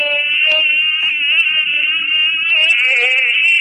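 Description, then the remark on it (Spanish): A continuous, high, whining mosquito-like buzz carried over a phone line from the Botanical Garden in Montevideo, holding steady for several seconds with a slight wavering pitch and a few faint crackles, with no one talking. “Escuchamos zumbidos.”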